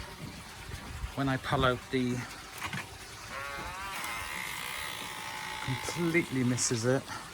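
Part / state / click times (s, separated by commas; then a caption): awning arm latching into its extended position on the frame / not seated / none. A retractable awning canopy is pulled out while someone talks, with a whirring, sliding sound in the middle of the clip. The awning arm has not yet latched into its extended position on the frame, and nothing has seated or clicked yet.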